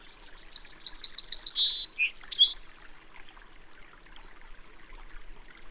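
Bird song: quick repeated high notes, a buzzy trill and varied chirps, followed by faint high notes repeated at intervals amid soft background noise.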